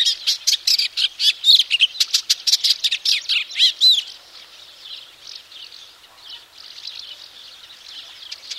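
Eastern olivaceous warbler giving a busy scratchy chattering phrase for about four seconds, ending in a short whistled note, followed by faint softer warbling.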